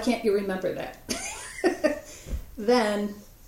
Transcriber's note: laughter